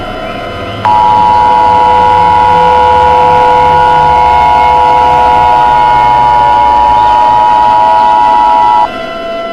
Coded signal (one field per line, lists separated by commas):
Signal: Emergency Alert System (SAME) tones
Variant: 853 and 960 Hz attention tone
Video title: EAS SCENARIO #2 - Hyper Weather Disaster (REMASTERED)